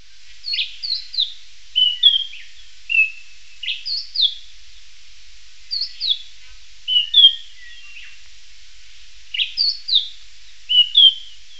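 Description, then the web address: Bird producing high whistled phrases of two or three slurred notes, spaced every second or two, with steady hiss behind. "BIRD 2015 SABIOD"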